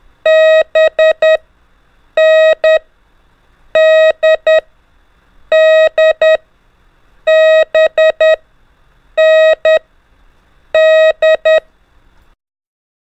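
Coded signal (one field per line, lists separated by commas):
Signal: Morse code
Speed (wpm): 10 wpm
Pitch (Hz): 630 Hz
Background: none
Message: B N D D B N D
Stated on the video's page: Morse lesson drilling the letters N, D and B in groups at increasing speed, with music.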